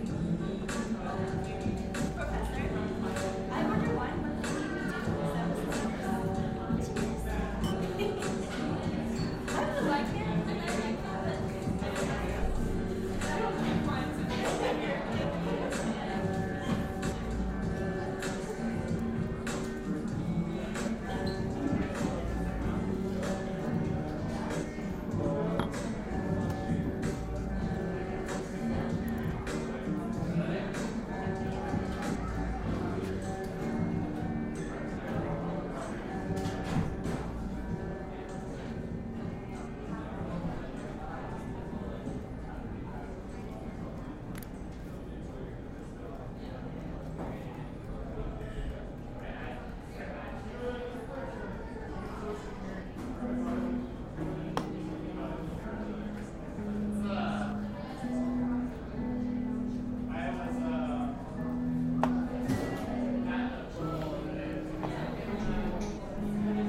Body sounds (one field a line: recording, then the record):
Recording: background sound without coughing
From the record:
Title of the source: 60 minutes of coffee shop sounds for study and concentration